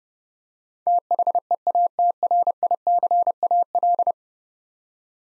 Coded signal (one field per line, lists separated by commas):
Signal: Morse code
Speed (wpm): 30 wpm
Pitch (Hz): 700 Hz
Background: none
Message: THEATRICAL